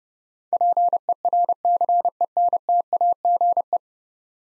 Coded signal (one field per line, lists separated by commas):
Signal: Morse code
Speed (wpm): 30 wpm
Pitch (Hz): 700 Hz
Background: none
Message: PERCENTAGE